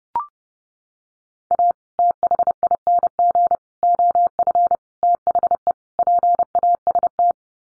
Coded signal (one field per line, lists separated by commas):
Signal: Morse code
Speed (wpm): 30 wpm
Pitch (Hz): 700 Hz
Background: none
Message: A THING OF THE PAST